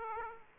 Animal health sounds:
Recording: mosquito wingbeat signal from an infrared sensor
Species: Aedes aegypti

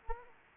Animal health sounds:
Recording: mosquito wingbeat signal from an infrared sensor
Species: Anopheles arabiensis

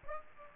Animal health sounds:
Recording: mosquito wingbeat signal from an infrared sensor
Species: Aedes aegypti

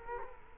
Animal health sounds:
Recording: mosquito wingbeat signal from an infrared sensor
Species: Culex quinquefasciatus

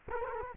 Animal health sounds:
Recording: mosquito wingbeat signal from an infrared sensor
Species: Culex quinquefasciatus

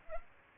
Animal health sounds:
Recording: mosquito wingbeat signal from an infrared sensor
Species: Aedes aegypti

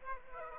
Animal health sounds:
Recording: mosquito wingbeat signal from an infrared sensor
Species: Aedes aegypti

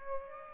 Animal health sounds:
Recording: mosquito wingbeat signal from an infrared sensor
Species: Aedes aegypti

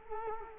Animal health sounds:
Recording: mosquito wingbeat signal from an infrared sensor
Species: Culex quinquefasciatus

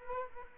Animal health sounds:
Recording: mosquito wingbeat signal from an infrared sensor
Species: Culex quinquefasciatus

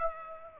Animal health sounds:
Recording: mosquito wingbeat signal from an infrared sensor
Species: Aedes aegypti

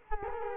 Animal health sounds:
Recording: mosquito wingbeat signal from an infrared sensor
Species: Culex quinquefasciatus

